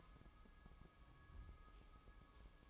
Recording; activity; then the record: daily activity, microphone in the room; take from stove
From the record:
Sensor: 1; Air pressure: 1008.1 hPa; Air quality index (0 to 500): 130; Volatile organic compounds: 2 ppm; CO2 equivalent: 1097 ppm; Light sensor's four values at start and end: 7/18/7/7 and 7/18/7/7